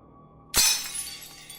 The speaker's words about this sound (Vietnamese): Chợt có tiếng rơi vỡ ở cánh cửa phía trước.